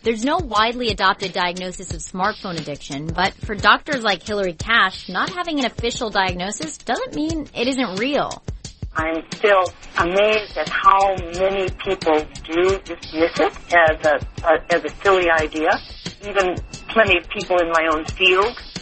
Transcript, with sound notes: There`s no widely adopted diagnosis of smartphone addiction, but for doctors like Hilarie Cash, not having an official diagnosis don`t mean it isn`t real. (via telephone)
I`m still amazed at how many people do dismiss it as a silly idea -- even plenty of people in my own field.